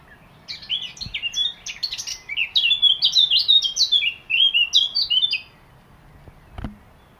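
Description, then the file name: Eurasian blackcap singing a rapid chattering warble that swells into loud, rich whistled notes, lasting about five seconds, followed by a single sharp click. "Sylvia atricapilla"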